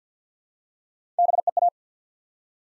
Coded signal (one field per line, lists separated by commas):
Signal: Morse code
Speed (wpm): 50 wpm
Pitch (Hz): 700 Hz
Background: none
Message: BEA